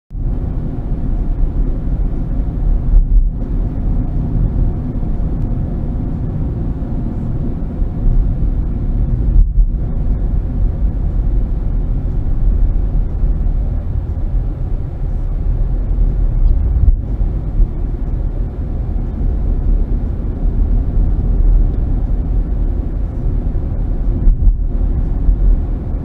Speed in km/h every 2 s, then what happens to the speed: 52, 50, 50, 48, 45, 40, 31, 24, 31, 39, 45, 48, 48.
0-7 steady at about 50. 7-13 brakes to 24. 13-20 speeds up to 45. 20-26 steady at about 48.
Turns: none.